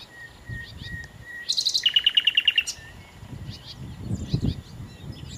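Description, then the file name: Common nightingale song: soft plain whistles, then a loud run of quickly repeated notes dropping slightly in pitch, over a low rumbling background. "Nachtigall"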